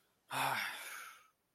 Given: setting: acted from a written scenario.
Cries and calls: vocal sound without words; anger

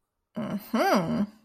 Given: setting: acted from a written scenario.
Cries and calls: vocal sound without words; interest

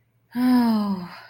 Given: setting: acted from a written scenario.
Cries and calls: vocal sound without words; sympathy

